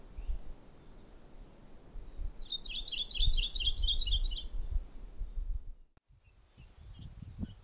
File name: Maui Parrotbill Pseudonestor xanthophrys